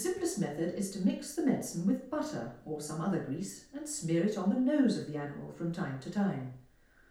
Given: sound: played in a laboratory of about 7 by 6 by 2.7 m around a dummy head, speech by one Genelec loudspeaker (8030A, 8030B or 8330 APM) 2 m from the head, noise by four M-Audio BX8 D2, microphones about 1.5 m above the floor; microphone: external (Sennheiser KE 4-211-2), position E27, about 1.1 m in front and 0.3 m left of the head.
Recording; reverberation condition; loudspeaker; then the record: female speech in English; medium; 120 degrees to the right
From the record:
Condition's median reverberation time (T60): about 510 ms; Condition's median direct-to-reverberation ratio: about -0.5 dB